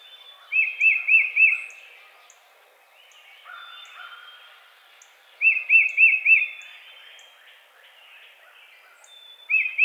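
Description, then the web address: Tufted titmouse giving loud repeated whistles, four per phrase, three phrases in all, the last cut short, against faint twittering of other birds. Recorded 22 March 2007. "Tufted Titmouse 2007 03 22"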